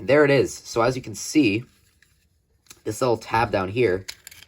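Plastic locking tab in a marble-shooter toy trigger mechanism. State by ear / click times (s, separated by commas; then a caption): not seated / none. Someone talks while handling the small plastic locking tab on the assembled trigger mechanism of a marble-shooter toy, with a quiet pause in the middle and a few faint handling taps near 2.0, 2.7 and 4.3 seconds. The tab has not slid or locked into place yet; nothing has seated or clicked.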